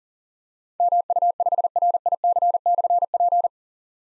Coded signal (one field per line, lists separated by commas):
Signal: Morse code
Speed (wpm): 42 wpm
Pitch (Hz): 700 Hz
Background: none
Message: MU5RIC/P